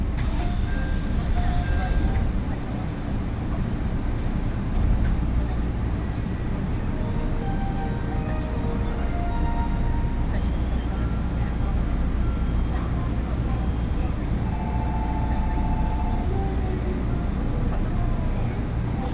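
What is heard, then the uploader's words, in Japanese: A local train on the Tokaido Line rolls steadily along, its deep rumble constant and dense throughout. Faint voices drift in and out above the noise, and short tonal squeals and whines surface now and then, most clearly between about fourteen and sixteen seconds. 東海道本線各駅停車 岐阜→名古屋。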